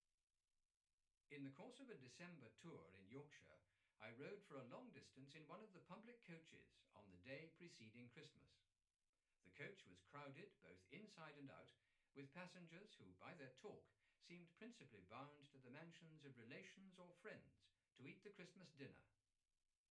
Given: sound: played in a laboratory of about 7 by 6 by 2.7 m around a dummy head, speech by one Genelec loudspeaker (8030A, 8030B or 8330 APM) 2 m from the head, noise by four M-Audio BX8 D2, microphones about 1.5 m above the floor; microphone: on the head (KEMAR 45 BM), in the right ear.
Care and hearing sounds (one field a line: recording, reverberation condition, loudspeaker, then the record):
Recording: male speech in English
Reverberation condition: low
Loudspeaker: behind (180 degrees)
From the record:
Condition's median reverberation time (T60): about 310 ms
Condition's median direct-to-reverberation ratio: about 3.5 dB